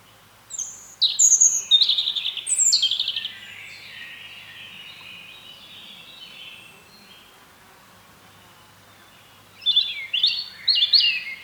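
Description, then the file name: European robin song: a cascade of high, descending whistled notes, a long quiet gap, then another brief sparkling burst. "Erithacus rubecula"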